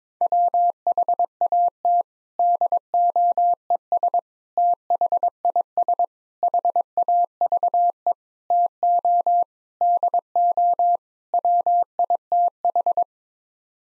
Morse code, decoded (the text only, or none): WHAT DOES THIS HAVE TO DO WITH